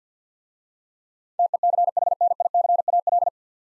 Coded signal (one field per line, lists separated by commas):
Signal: Morse code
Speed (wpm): 50 wpm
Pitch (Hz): 700 Hz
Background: none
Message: TECHNICAL